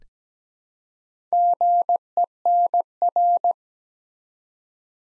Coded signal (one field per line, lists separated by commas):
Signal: Morse code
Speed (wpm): 17 wpm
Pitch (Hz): 700 Hz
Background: none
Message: GENR